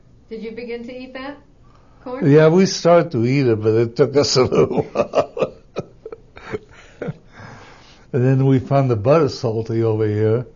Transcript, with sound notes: Did you begin to eat that, corn?
Yeah, we started to eat it, but it took us a little while. (he laughs) And then we found the butter salty over here